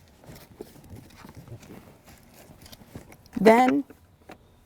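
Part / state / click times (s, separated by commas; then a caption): lock-off clamp on infant car seat base / not seated / none. The plastic lock-off clamp on a Peg Perego Primo Viaggio 4-35 Nido infant car seat base is handled over the tightened belt strap, with faint taps and handling sounds throughout. Someone talks briefly near the end. The clamp has not snapped shut and nothing has seated yet.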